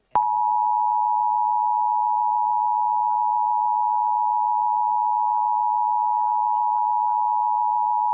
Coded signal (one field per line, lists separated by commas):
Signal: Emergency Alert System (SAME) tones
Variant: 853 and 960 Hz attention tone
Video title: Los Angeles Required Monthly Test (EAS #1039-1101) 8/29/23